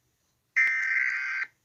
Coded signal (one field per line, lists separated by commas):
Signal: Emergency Alert System (SAME) tones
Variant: header bursts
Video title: eas mock: Wyoming winter storm warning